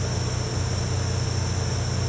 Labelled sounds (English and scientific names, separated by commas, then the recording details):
none
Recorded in pastures near Puerto Asís, Putumayo, Colombia, on 13 March 2025 at 08:30
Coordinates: 0.466, -76.322
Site CSA-02